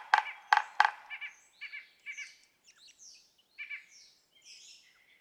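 Yellow-bellied sapsucker making three loud, harsh notes, then softer nasal mewing calls in pairs, with a few high thin notes trailing off.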